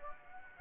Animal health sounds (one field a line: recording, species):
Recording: mosquito wingbeat signal from an infrared sensor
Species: Anopheles gambiae